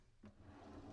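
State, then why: Not seated. A walnut drawer box is handled over concealed undermount drawer slide hardware for a mid-century modern nightstand, with a soft broadband scrape at about 0.2 s followed by a steady low rubbing rumble. The drawer has not seated or clicked onto the slides yet.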